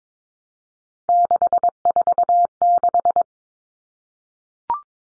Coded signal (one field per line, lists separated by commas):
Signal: Morse code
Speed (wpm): 22 wpm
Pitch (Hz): 700 Hz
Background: none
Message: 646